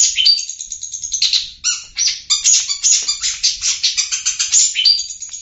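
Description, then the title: Long-tailed shrike singing a busy, high mixed warble of harsh chatters, rasping notes and brief thin whistles with almost no pauses. "cendet"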